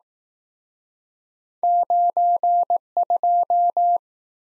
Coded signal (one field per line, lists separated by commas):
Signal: Morse code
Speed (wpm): 20 wpm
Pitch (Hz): 700 Hz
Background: none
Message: 92